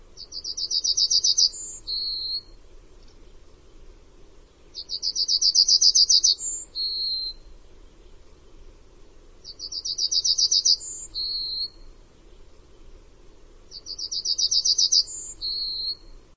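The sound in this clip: Bird song: four repeated phrases about every four to five seconds, each a rapid high trill, a short higher note and a slightly lower whistle, over faint low hum.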